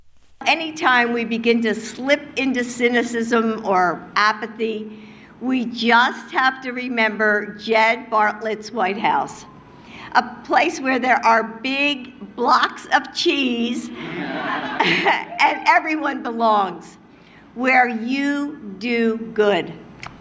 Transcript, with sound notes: Anytime we begin to slip into cynicism or apathy, we just have to remember Jed Bartlet's White House, a place where there are big blocks of cheese...
(LAUGHTER)
...And everyone belongs, where you do good.